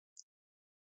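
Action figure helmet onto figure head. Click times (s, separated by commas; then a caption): 0.2 s. A plastic helmet is fitted onto the alternate head of a NECA Ultimate Prince Vultan action figure from the Flash Gordon movie and clicks into place at 0.2 s. It is a single short, quiet, bright click centered high around 5–8 kHz, with silence before and after. The helmet is seated on the head.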